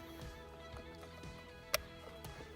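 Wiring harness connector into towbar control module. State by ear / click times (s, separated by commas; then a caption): seated / 1.7 s. A plastic wiring harness connector is pushed into the towbar electronics control module during a towbar and electronic kit fitting on a 2023-onward Citroën C4 X. A single sharp click sounds at 1.7 s over steady background music, and the connector is seated in the module.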